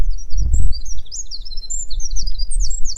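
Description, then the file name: Eurasian wren giving rapid, very high-pitched twittering notes in quick tumbling runs, with low thumping rumbles underneath. "Troglodytes troglodytes"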